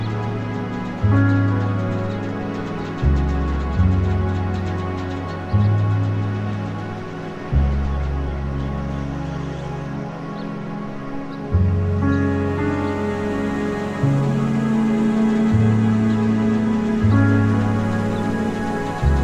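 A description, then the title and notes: Slow ambient music of sustained, layered chords over a deep bass line that shifts to a new note every few seconds, at around 3, 7.5, 11.5 and 14 seconds. The level stays even throughout, with a softer, thinner stretch near the ten-second mark. Wind-swept summer countryside, with ambient sounds and beautiful ambient music.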